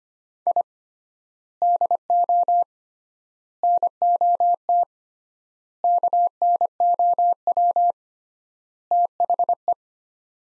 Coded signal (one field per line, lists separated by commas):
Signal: Morse code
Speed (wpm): 25 wpm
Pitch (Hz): 700 Hz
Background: none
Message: I DO NOT KNOW THE